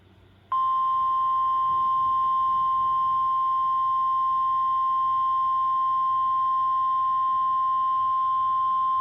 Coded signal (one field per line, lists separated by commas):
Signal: Emergency Alert System (SAME) tones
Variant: 1050 Hz attention tone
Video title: June 23rd, 2024 Severe Thunderstorm Warning for Belknap & Merrimack Counties, NH - EAS 4.